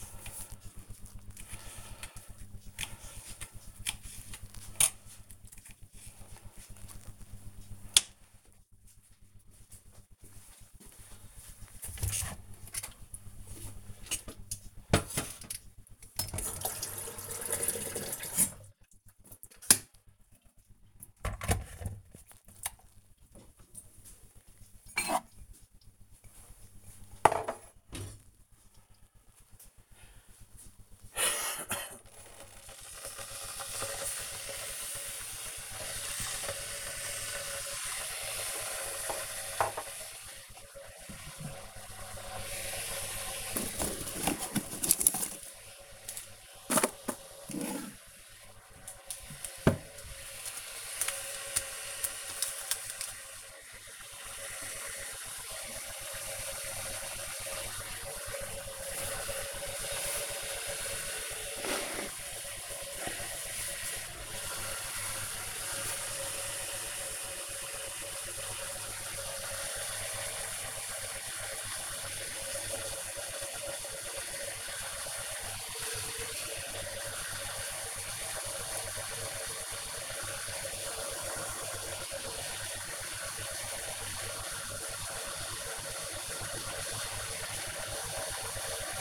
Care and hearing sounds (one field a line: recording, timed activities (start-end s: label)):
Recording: household activities, microphone on the right wrist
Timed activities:
0.00-6.14 s: cutting vegetables
12.17-89.01 s: making tea